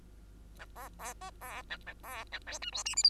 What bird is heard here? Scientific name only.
Lonchura striata domestica